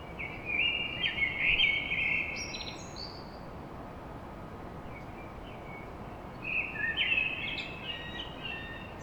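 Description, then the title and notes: Common blackbird delivering two mellow warbled phrases, each ending in a faint high squeak, separated by a pause of steady background noise. Song recorded at dawn in Paris. "Blackbird Poetry At Paris On. Enregistrement d'un chant de merle à l'aube dans Paris"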